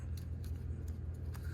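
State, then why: Not seated. A parking sensor is turned and lined up in its holder on the bumper of a blue Fiesta, as the right orientation is worked out before it is clicked home. Faint light plastic ticks land around 0.2, 0.4, 0.9 and 1.4 seconds over a steady low hum. Nothing has seated or clicked in yet.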